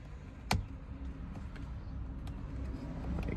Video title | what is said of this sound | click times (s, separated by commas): Yoke Steering Wheel for the Tesla Model 3 & Y by Aroham. Installation how-to and review. | that go into the little grooves so you need to make sure they snap into place like | 0.5 s